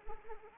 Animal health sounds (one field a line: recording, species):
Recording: mosquito wingbeat signal from an infrared sensor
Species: Anopheles arabiensis